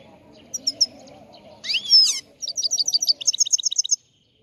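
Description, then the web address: Chegolín singing: a few high chirps, a loud harsh buzzy phrase, then a fast run of rhythmic twittering notes that ends abruptly. Morning song, bird on the roof of a house. "el canto matutino del chegolin en el tejado de casa"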